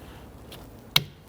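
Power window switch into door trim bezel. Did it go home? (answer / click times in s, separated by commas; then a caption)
yes / 1.0 s. A plastic power window switch is pressed into the door trim bezel of a 1992-1996 Toyota Camry, with a faint sound at 0.5 s before it locks in with a single sharp click at 1.0 s. The switch is seated in the bezel.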